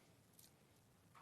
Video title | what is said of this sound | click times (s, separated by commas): HobbyMaker Live | Did you hear it click? | 0.4 s